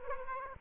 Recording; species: mosquito wingbeat signal from an infrared sensor; Aedes aegypti